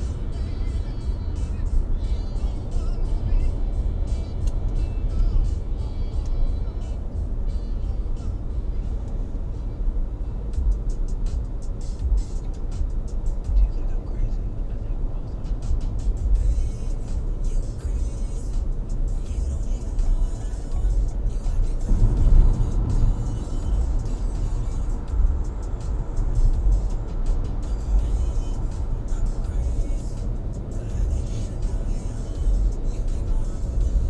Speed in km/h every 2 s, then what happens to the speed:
72, 73, 73, 73, 73, 74, 76, 76, 75, 76, 76, 77, 77, 77, 77, 77, 76.
0-34 steady at about 76.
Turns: none.